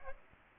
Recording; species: mosquito wingbeat signal from an infrared sensor; Aedes aegypti